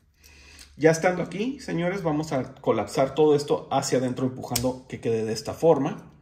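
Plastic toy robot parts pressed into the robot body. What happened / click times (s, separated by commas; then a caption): Plastic parts are being pushed inward but have not seated yet / none. Someone talks while pushing plastic parts of a Transformers Hybrid Style Optimus Prime THS-02 toy robot inward to collapse them into the robot body. Nothing has seated or clicked yet.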